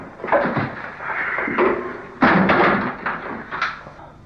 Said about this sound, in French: Rassemble les deux chaises pour que je pose l'appareil. Il y a une prise ici.